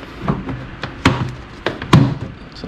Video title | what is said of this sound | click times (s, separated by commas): How to Replace MAP Sensor on 2nd Gen Dodge Ram 5.2L & 5.9L (1994–2001) — Step-by-Step Guide | it clicks into place. | 1.9 s